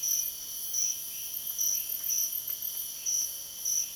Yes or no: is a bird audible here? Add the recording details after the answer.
no. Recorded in dense forest near Puerto Asís, Putumayo, Colombia, on 22 June 2025 at 05:00. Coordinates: 0.484, -76.325. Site H65